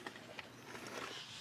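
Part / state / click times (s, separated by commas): lithium battery pack into wagon battery holder / seated / 0.1 s, 0.4 s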